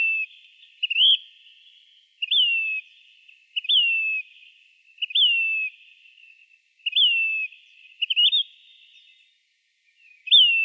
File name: saysphoebe